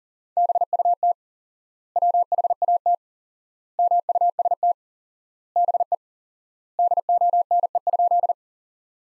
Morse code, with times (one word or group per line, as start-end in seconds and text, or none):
0.4-1.1 BUT
2.0-2.9 WHAT
3.8-4.7 MUST
5.6-5.9 BE
6.8-8.3 DONE?